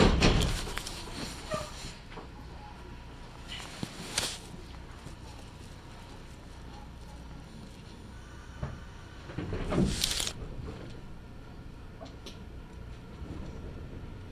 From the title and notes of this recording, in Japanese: 近鉄名古屋線各駅停車 川越富洲原→塩浜。車内はほぼガラガラです。